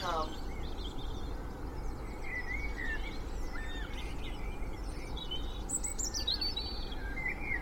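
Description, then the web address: Birds singing together at dawn, thin whistles and twittering phrases with a high sweeping trill near the end, backed by continuous low traffic rumble. Spring dawn chorus with distant traffic noise, Cheshire, UK. "beanstalk-audio Spring dawn chorus with distant traffic noise Cheshire UK"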